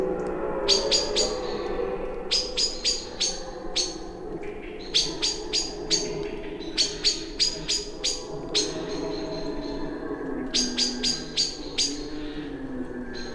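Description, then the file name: Common blackbird uttering long series of rapid, hard chink calls in several clustered bouts, over low background noise. "Turdus merula"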